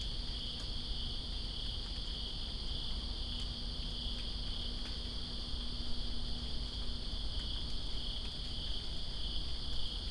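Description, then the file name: Cricket: steady shrill trilling of many crickets runs throughout, accompanied by the continuous wash of rain and a few drip taps. Crickets recorded in rain, Greensboro, 2 September 2017. "Greensboro Crickets And Rain-2017-09-02"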